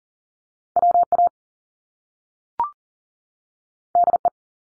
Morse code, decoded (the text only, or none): WA DE